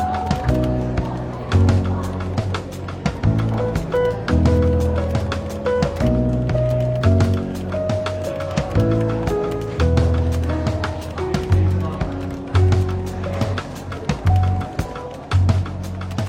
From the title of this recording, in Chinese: 伦敦书店咖啡馆轻微喧闹氛围与柔和轻松的爵士背景音乐